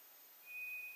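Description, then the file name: White's thrush song: a single thin, level whistle beginning midway and held to the end. Recorded 2 July 2007. "toratugumi 20070702"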